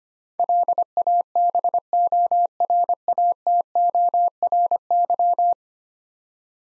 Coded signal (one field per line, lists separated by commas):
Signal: Morse code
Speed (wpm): 25 wpm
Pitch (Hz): 700 Hz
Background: none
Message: LABORATORY